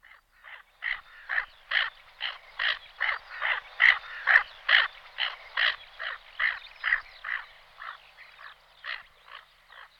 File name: Polak chocholacka Aythya fuligula